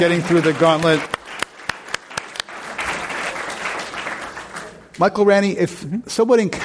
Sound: applause

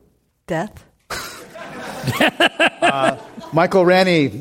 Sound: laughter

